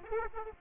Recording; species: mosquito wingbeat signal from an infrared sensor; Aedes aegypti